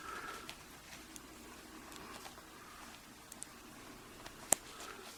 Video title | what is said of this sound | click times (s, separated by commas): Tech Tips 5 - Molex Extractor - Rochester Heating & Air Louisville Kentucky ... | pop this buckle back home and | 4.5 s